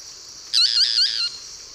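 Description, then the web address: Boat-billed flycatcher giving one wavering, nasal, buzzy phrase under a second long, over a steady high hiss. Recorded in the eastern lowlands of South America. "Nature Songs S America Eastern Lowlands. Megarynchus pitangua, song"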